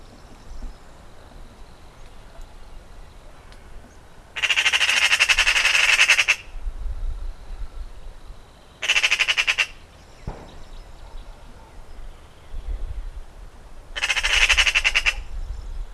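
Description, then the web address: Eurasian Magpie chattering in three bursts of rapid, scratchy rattling, the first about two seconds long and the later two shorter, with quiet gaps between. "Ocells Cultura Urraca común"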